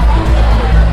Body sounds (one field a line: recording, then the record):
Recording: background sound without coughing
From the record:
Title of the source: Party Noise 1 Hour Party Ambience